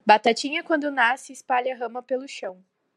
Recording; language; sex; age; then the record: short text; Brazilian Portuguese; female; 20 to 29 years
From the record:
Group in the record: control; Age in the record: 20 years